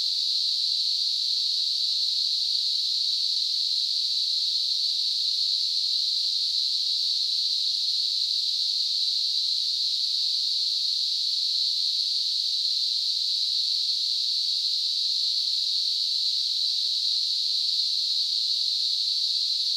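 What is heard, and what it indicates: Simulated tinnitus: a continuous, steady hiss concentrated in a narrow high-pitched band around 4–5 kHz, with almost no energy below 2 kHz, unchanging throughout.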